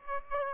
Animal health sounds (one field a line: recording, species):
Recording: mosquito wingbeat signal from an infrared sensor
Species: Aedes aegypti